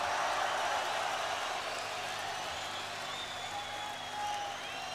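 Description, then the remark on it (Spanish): Steady audience applause at the Alto Festival fills the whole stretch, a dense wash of many hands clapping at an even level without pause, with faint cheering tones drifting through. “fuerte el aplauso.”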